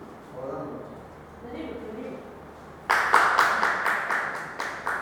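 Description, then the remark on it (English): Soft talking gives way to a loud, steady run of hand claps made with both hands raised, about ten sharp slaps in an even rhythm that continue to the end. “When we clap, more water is coming.”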